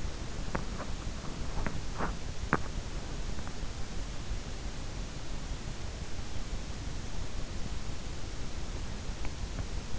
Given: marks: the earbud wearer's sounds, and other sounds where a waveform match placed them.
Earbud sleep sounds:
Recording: sounds in sleep by an in-ear microphone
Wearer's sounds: teeth grinding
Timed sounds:
0.00-3.05 s: teeth grinding

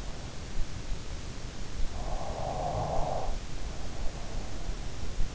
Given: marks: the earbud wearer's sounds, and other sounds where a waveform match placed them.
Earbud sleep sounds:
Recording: sounds in sleep by an in-ear microphone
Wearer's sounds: snoring breath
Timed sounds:
1.91-5.11 s: snoring breath

